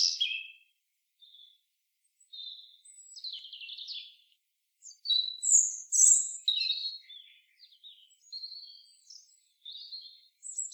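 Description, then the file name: European robin delivering sweet, high, scratchy warbles and thin whistles in short bursts, with brief pauses and sharp high notes mixed in. "Erithacus rubecula"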